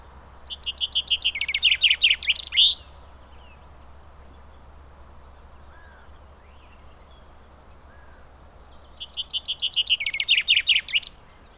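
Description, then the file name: Common chaffinch song: two bright descending rattling phrases, each about two seconds long and ending in a short flourish, separated by roughly six seconds of quiet background hiss. "Fringilla coelebs"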